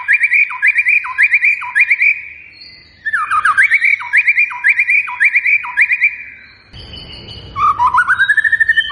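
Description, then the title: White-rumped shama song with fast repeated sharp whistled phrases in bursts, a brief pause, then a rising whistled run at the end. Lure recording of a lively singing white-rumped shama, meant to make birds respond. "PANCINGAN MEWAH MURAI BATU GACOR, SEKALI DENGAR AMPUH LANGSUNG RESPON"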